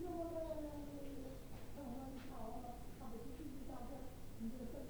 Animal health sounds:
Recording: poultry house recording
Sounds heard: no chicken sound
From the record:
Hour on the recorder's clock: 17

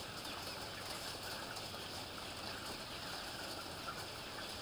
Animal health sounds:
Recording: poultry house recording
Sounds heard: healthy chickens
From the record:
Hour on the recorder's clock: 13

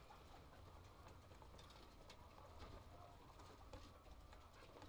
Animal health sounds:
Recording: poultry house recording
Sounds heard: healthy chickens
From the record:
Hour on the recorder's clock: 17

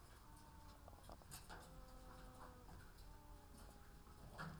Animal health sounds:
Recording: poultry house recording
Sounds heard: sick chickens (respiratory disease)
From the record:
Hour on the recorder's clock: 14

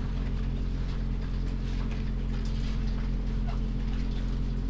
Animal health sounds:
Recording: poultry house recording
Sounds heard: sick chickens (respiratory disease)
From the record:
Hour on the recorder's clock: 21

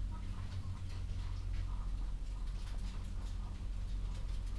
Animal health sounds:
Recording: poultry house recording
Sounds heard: sick chickens (respiratory disease)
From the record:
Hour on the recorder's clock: 22

